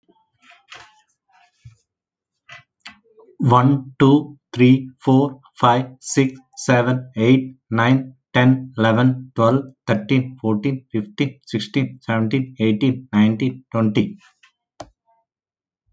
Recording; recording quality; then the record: counting at a normal pace; excellent, no background noise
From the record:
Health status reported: healthy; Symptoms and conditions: diabetes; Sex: male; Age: 48 years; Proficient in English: yes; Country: India